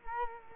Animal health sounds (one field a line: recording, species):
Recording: mosquito wingbeat signal from an infrared sensor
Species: Culex quinquefasciatus